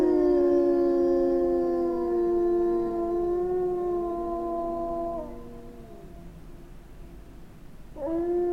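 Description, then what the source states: Gray wolf: gray wolves howl in a chorus of slowly falling tones that fade out after five seconds, a short lull, then one wolf starts a new howl with a steep rise. Wolves in winter.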